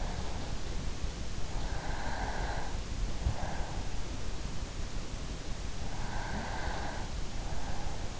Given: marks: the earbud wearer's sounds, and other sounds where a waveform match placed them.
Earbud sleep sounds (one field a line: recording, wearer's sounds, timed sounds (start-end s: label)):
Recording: sounds in sleep by an in-ear microphone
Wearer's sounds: breath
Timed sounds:
1.63-3.91 s: breath
5.23-8.20 s: breath